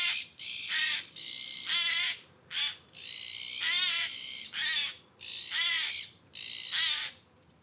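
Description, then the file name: Eurasian jay giving a series of harsh, rasping screeches in quick succession, some drawn out and others short. "Garrulus glandarius"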